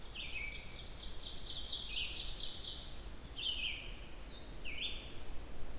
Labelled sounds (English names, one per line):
Ovenbird song